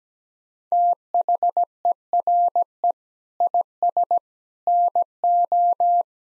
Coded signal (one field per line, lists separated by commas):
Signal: Morse code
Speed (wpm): 17 wpm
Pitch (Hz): 700 Hz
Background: none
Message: THERE IS NO